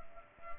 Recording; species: mosquito wingbeat signal from an infrared sensor; Culex pipiens